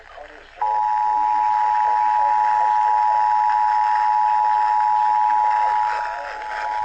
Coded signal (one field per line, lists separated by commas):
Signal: Emergency Alert System (SAME) tones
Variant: 853 and 960 Hz attention tone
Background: speech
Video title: Severe Thunderstorm Warning (EAS #869-870)